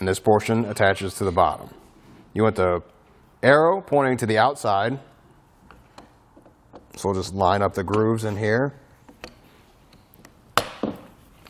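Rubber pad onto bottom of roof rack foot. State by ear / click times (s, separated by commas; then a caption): seated / 10.6 s. A grooved rubber pad is lined up and pushed down onto the bottom of a Yakima RidgeLine roof rack foot for flush rails on a 2020 Mazda CX-5, with its arrow pointing to the outside. Someone talks, then a sharp snap is heard at 10.6 s as the rubber pad seats in place on the foot.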